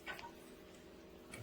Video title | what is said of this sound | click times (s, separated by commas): Review Enoughmen Rain Shower Head Extension 12 Inch Adjustable Rain Shower Head Extension Arm Stainl | Oh, it's got little divots so it kind of locks clicks into place. | 0.2 s, 1.3 s